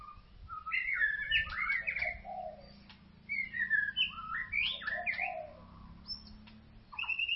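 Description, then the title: White-rumped shama song with varied whistled and warbling phrases separated by short gaps, over a steady low hum. "Kicau Murai Batu"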